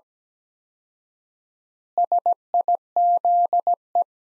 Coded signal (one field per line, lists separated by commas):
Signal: Morse code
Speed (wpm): 17 wpm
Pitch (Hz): 700 Hz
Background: none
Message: SIZE